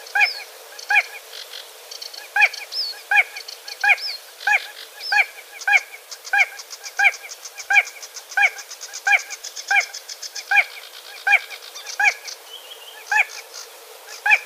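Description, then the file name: Spotted crake giving a steady series of short whipping 'whitt' notes, more than one per second, over a background of high twittering and trilling small birds. "Voltolino"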